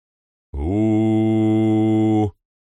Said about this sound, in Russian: Это взревел корабельный гудок, исполняющий роль противотуманной сирены. Гэм поморщился и сжал руками голову, злобно уставившись на потолок. Здесь, наверху, на шлюпочной палубе, противотуманный горн звучал особенно громко.